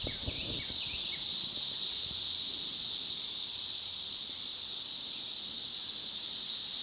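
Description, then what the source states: A high continuous cicada drone, with brief falling chirps and some low clicks at the start. Multiple cicadas.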